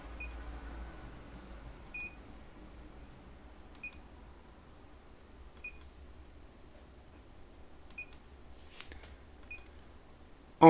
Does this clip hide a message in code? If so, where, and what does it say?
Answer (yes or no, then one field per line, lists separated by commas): no